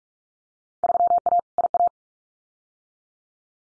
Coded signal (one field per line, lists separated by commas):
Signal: Morse code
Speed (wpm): 46 wpm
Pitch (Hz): 700 Hz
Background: none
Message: 3A IA